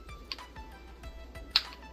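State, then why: Seated. While the transmission housing bolts on a Traxxas Nitro Jato RC nitro truck chassis are snugged in a cross pattern, faint low taps and a small sharp tick at 0.3 s are heard over a quiet hum. A loud, crisp plastic snap at 1.6 s marks the transmission housing part seating into place.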